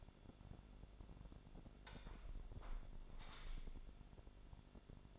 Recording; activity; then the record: daily activity, microphone in the room; close window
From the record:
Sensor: 5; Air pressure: 1006.6 hPa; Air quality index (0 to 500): 194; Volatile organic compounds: 6 ppm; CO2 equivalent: 1850 ppm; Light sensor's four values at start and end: 57/161/63/63 and 57/161/63/63